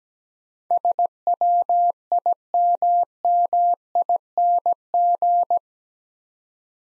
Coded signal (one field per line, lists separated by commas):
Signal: Morse code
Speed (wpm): 17 wpm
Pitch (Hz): 700 Hz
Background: none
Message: SWIMMING